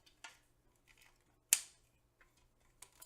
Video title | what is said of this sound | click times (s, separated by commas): AOOU Laptop And Mouse Stand With 2 CPU Cooling Fans For Bed, Desk Review | it definitely likes to fight with you it wants to make sure you're really interested in I'll bring it up it gets it when it locks into place guys it's very tight | 1.5 s